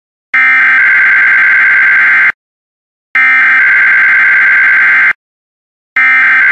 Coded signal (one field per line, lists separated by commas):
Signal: Emergency Alert System (SAME) tones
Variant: header bursts